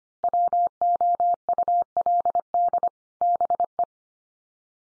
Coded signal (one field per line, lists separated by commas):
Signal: Morse code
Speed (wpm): 25 wpm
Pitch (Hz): 700 Hz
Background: none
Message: WOULD BE